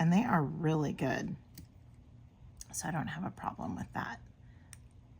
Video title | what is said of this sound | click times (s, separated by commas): Making a Matching Necklace Using Preciosa™ Crystals, John Bead Seed Beads & Beadalon from Michaels | And then you can hear them lock into place. | 4.7 s